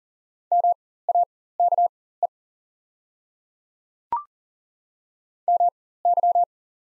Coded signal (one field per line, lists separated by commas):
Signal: Morse code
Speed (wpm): 39 wpm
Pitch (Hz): 700 Hz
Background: none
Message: MAKE MY